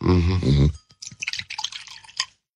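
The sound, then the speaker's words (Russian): A short voiced murmur, then about a second and a half of liquid being poured into a glass: a burbling, splashy trickle with bright gurgles that stops abruptly. “Я еще налью?”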